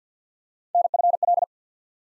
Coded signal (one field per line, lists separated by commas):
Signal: Morse code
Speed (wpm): 50 wpm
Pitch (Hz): 700 Hz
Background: none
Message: NFL